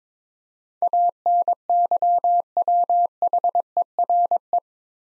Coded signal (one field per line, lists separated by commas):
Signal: Morse code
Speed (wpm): 22 wpm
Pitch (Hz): 700 Hz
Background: none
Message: ANYWHERE